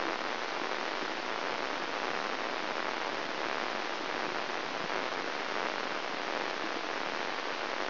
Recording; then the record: brain microelectrode recording played as sound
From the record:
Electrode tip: inside the subthalamic nucleus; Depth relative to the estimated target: 0.4 mm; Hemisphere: right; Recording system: AlphaMap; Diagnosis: Parkinson's disease